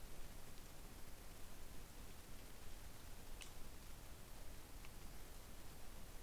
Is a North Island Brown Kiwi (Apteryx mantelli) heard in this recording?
no